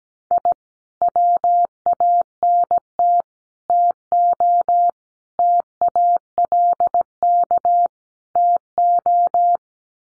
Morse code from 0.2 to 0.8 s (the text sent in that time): I